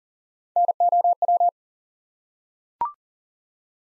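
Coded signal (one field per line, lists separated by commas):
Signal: Morse code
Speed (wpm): 40 wpm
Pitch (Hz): 700 Hz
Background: none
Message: NOW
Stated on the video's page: Head-copy drill of the 100 most common English words at 40 wpm, each word sent in Morse, spoken, then sent again.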